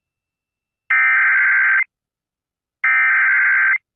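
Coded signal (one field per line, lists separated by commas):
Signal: Emergency Alert System (SAME) tones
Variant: header bursts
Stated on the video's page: Relayed on an AM radio station.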